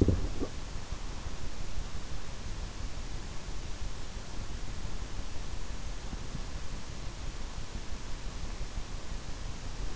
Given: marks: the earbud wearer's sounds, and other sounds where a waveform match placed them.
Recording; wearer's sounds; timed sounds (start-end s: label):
sounds in sleep by an in-ear microphone; swallowing
0.00-0.48 s: swallowing